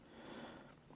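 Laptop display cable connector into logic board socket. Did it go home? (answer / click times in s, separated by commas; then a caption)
no / none. A MacBook Air's second screen flex connector is lined up over its logic board socket by hand, making faint, quiet handling noise with one brief tick around 0.3 s. Nothing has seated or clicked yet; the clip ends just before the connector goes home.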